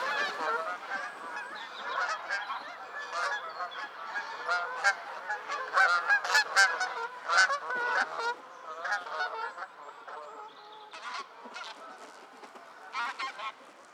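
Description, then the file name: Goose honks from several birds, nasal and hoarse, coming in quick uneven bursts and fading slightly near the close. Several geese calling in flight. "freesound Flying geese"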